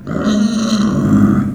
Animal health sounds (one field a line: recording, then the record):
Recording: squeal of a Yucatan mini pig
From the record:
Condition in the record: after surgery on the right vocal fold (resection and tissue-engineered implant)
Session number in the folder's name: 6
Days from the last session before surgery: 40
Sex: female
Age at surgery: 19 weeks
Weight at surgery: 25 kg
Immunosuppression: prednisolone